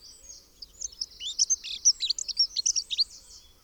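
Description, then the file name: Dunnock song: a quick jingling stream of thin squeaky notes and short trills, fairly level in pitch, running about two and a half seconds. "Heggenmus Prunella modularis"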